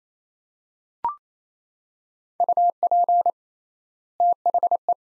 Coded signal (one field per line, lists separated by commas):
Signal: Morse code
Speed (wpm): 28 wpm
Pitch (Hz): 700 Hz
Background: none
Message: UP THE